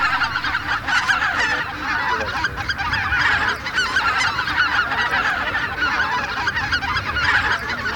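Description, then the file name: Greater white-fronted goose flock chattering continuously, many overlapping yelping honks and cackles forming a dense, steady babble throughout. Flock chatter of many geese, used as a hunting decoy lure. "Белолобый базар"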